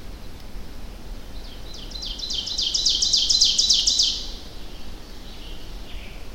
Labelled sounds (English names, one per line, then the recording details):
Ovenbird song
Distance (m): 30 m
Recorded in boreal forest in Alberta, Canada, on 25 June 2016 at 08:20
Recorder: SongMeter 3, array SBT-6-76
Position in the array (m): 307 m, 91 m
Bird 1